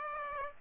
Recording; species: mosquito wingbeat signal from an infrared sensor; Aedes aegypti